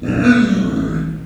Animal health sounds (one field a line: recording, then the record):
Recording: squeal of a Yucatan mini pig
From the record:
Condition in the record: after surgery on the right vocal fold (resection and tissue-engineered implant)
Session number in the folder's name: 6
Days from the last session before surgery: 40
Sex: female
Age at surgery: 19 weeks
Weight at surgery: 25 kg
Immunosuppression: prednisolone